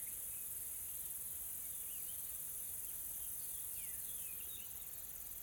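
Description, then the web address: Insects, a steady high-pitched hissing drone throughout, with faint scattered chirps in the background. Calm, soft insect ambience in a tropical forest in South Africa. "Smart Sound FX - Nature South Africa AMBIENCE Additional Tropical Forest Soft Insects Calm"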